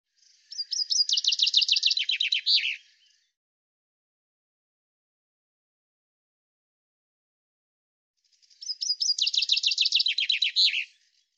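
Common chaffinch song, two descending trilled phrases ending in a flourish, about eight seconds apart, with silence between.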